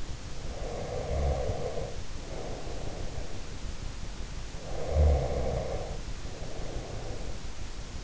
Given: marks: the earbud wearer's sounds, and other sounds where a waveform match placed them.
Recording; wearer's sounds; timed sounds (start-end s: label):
sounds in sleep by an in-ear microphone; breath
0.30-3.42 s: breath
4.72-8.04 s: breath